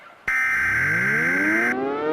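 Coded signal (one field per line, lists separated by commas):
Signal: Emergency Alert System (SAME) tones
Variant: header bursts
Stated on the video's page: Fictional EAS scenario using film audio from Godzilla (2014).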